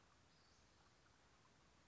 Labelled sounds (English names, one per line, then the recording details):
Western Flycatcher
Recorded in Sonoma County, California